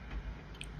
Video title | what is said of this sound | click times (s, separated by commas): How to Thread a Baby Lock Genuine Collection Serger in Less Than 5 Minutes | Listen for the click. | 0.6 s